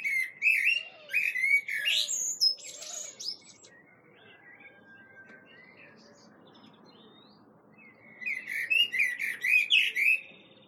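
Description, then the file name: Common blackbird: two bursts of warbled phrases with high squeaky twitters, separated by a quiet pause of several seconds. "Turdus merula"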